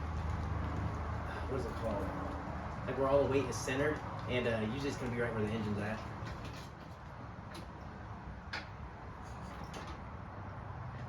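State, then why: Seated. Someone talks while an ATV sits balanced on a motorcycle/ATV lift jack, then the jack's locking bar is set. A single sharp metal clunk is heard at 8.5 seconds, and the lock engages, holding the jack locked in place.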